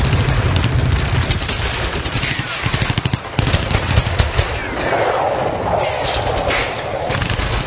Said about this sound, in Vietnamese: Năm họng súng địch ném về phía Chuẩn những viên đạn làm vỡ vụn trời đêm